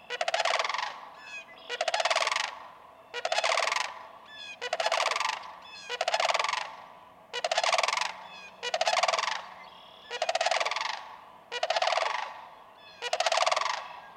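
Sandhill crane giving loud, rolling, rattled calls, many bursts repeated about every one and a half seconds.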